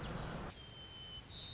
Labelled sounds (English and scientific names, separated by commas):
White-crowned Sparrow (Zonotrichia leucophrys)